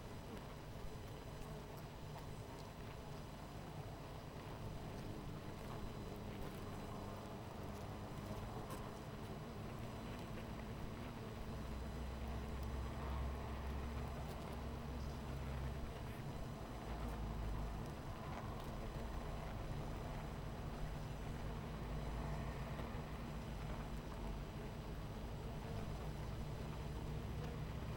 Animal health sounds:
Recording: honeybee colony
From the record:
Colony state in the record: missing queen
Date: 14 July 2017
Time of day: 12:40

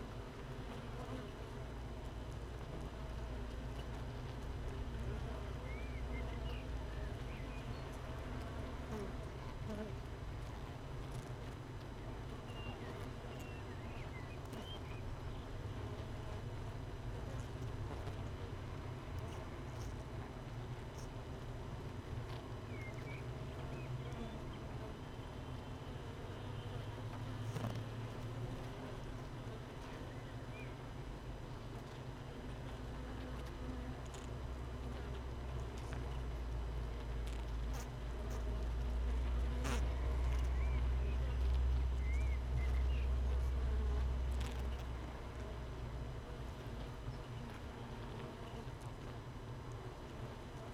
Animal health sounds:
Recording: honeybee colony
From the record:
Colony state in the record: missing queen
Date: 31 May 2018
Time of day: 15:44

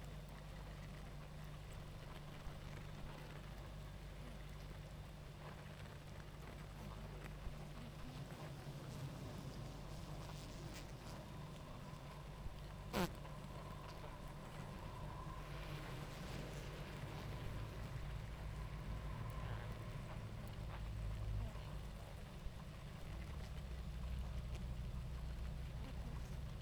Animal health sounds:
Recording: honeybee colony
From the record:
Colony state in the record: active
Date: 28 July 2017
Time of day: 19:20

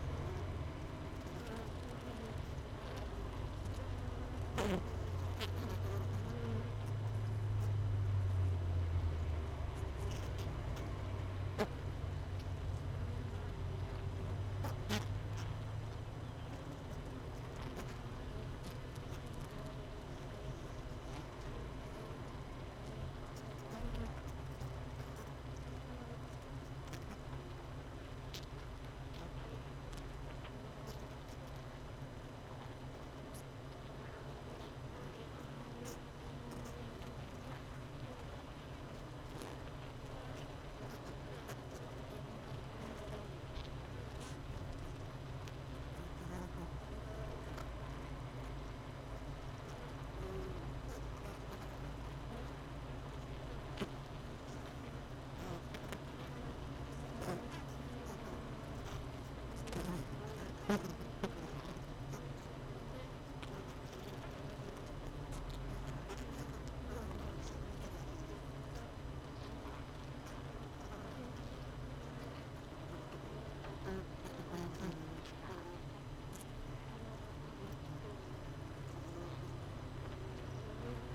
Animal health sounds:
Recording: honeybee colony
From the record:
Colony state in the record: missing queen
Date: 31 May 2018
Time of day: 16:58

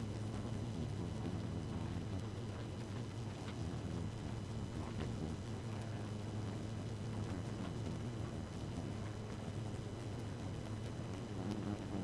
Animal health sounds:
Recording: honeybee colony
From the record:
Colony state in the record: active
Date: 12 June 2018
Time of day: 0:20

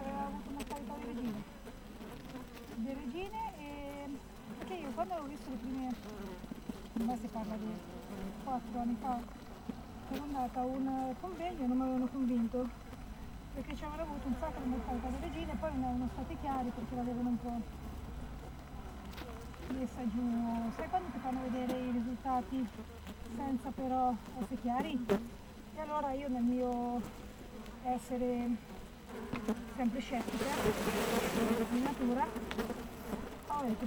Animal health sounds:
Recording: honeybee colony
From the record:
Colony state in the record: missing queen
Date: 14 July 2017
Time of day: 7:21

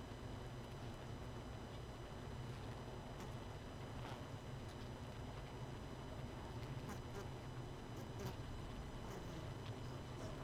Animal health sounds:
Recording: honeybee colony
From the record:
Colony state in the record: missing queen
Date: 31 May 2018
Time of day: 21:25

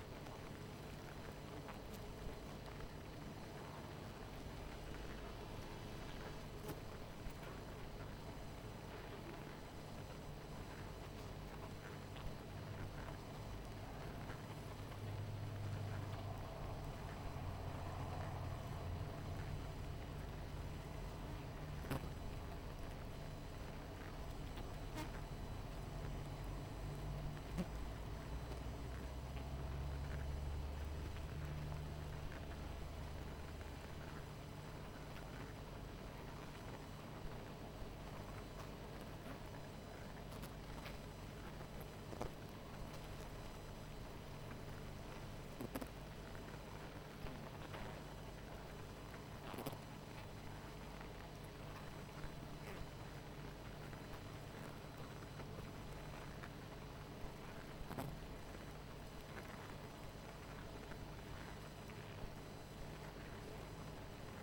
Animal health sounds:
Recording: honeybee colony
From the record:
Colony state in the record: missing queen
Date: 14 July 2017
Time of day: 19:04

